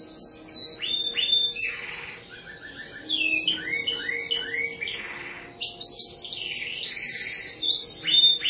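Bird song, a lively stream of high chirps, quick down-slurred whistles and short rattled trills, delivered in bursts with brief pauses between them.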